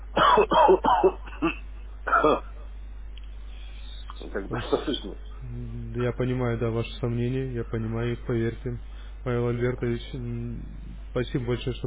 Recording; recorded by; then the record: voluntary cough; telephone call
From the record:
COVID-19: positive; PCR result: checked with the laboratory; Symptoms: no